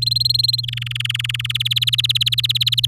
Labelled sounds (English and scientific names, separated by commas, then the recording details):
Domestic Canary (Serinus canaria) song
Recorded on 8 May 2018 at 17:00
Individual llb16